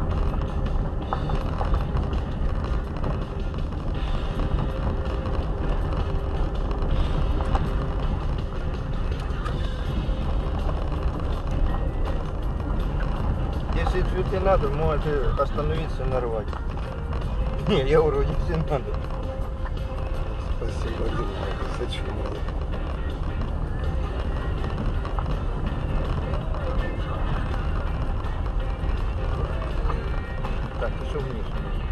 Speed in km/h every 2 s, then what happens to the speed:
20, 21, 21, 21, 21, 15, 19, 20, 15, 15, 17, 19, 20, 20, 19, 16.
0-27 steady at about 20.